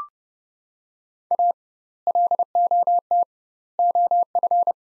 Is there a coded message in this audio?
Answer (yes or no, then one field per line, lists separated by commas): yes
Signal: Morse code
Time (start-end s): 1.3-4.7 s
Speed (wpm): 30 wpm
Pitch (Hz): 700 Hz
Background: none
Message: A LOT OF